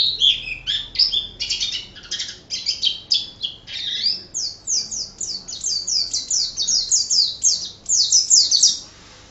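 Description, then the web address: White-eye song: a fast, lively run of high chirping notes, buzzier at first, then clear downslurred twitters repeated several per second. Ngerol song style. "pleci ngerol. masteran pleci"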